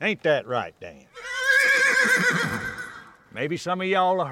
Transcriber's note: soundbite of horse neighing